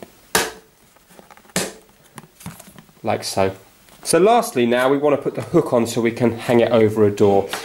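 The plastic hoop rim of a Nerf Nerfoop indoor toy basketball net set, with a groove on its underside and its nice side on top, is pushed all the way up onto the backboard and clipped into place. Two sharp, loud clicks are heard at 0.4 s and 1.6 s, showing the rim has seated. After a few quieter handling sounds, someone talks.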